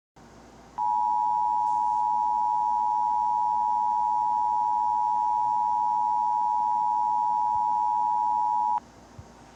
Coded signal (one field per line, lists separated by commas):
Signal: Emergency Alert System (SAME) tones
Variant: 853 and 960 Hz attention tone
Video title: EAS Severe Weather Statement SWS (intrupted Talking Tom Heroes (for @KittyUZutty) )